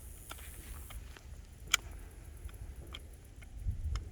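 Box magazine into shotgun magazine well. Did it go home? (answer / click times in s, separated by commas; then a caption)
no / none. A 10-round box magazine is pushed into the magazine well of an SDS Imports BLP M12PT magazine-fed shotgun, giving a few short, sharp metallic ticks over a steady low rumble, the loudest near 1.7 s. The magazine has not locked into place.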